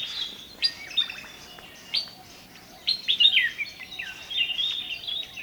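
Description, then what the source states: Bulbul calls: bright, slurred whistles and quick chirps, some rising and falling, given in short separate bursts with quiet gaps between. Several bulbuls, described as cheery.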